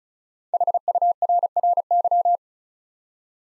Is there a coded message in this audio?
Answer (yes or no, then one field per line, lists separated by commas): yes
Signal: Morse code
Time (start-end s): 0.5-2.4 s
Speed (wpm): 36 wpm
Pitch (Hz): 700 Hz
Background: none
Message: HURRY